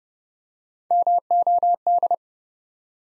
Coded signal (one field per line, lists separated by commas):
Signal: Morse code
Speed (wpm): 28 wpm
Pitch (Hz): 700 Hz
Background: none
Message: MOD